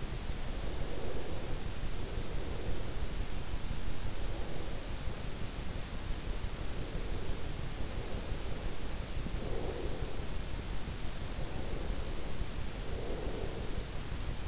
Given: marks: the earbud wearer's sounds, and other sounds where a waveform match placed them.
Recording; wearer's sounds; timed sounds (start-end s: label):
sounds in sleep by an in-ear microphone; breath, teeth grinding
0.48-5.48 s: breath
6.48-9.04 s: breath
9.04-9.48 s: teeth grinding
9.48-14.48 s: breath